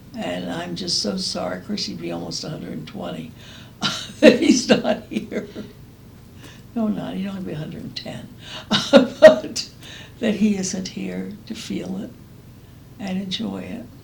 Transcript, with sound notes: And I’m just so sorry—course he’d be almost a hundred and twenty—that he’s not here. No, he’d not, he’d only be a hundred and ten. [laughs] But that he isn’t here to feel it and enjoy it.